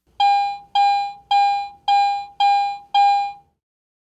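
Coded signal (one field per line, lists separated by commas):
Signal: none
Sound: metal detector target tones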